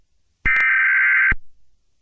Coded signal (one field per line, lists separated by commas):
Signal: Emergency Alert System (SAME) tones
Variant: header bursts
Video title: EAS scenario dandys world twisted infection